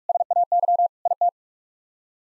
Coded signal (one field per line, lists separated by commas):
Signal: Morse code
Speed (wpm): 46 wpm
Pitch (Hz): 700 Hz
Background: none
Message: SAY IT